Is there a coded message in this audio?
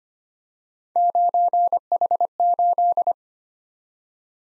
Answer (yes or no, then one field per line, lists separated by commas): yes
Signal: Morse code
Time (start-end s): 1.0-3.1 s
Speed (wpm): 29 wpm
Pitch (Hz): 700 Hz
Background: none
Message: 9H8